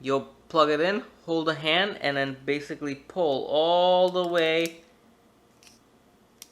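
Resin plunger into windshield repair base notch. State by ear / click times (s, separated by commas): seated / 6.4 s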